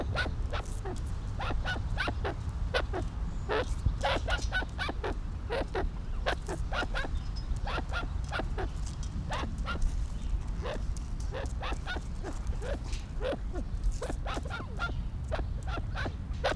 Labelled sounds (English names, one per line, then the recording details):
Arabian Partridge call
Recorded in captivity
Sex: pair
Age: adult
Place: Tierpark Berlin, Berlin, DE
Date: 1994-06-18 11:49
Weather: bedeckt, 12-15°C, dann Regen
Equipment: Marantz CP 430, Sennheiser ME 80, Kopie Uher Variocord 263
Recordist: Tembrock, Günter